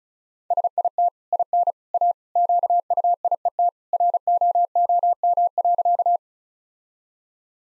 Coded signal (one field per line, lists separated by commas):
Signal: Morse code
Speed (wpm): 34 wpm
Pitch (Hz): 700 Hz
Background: none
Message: SIT IN A QUIET ROOM.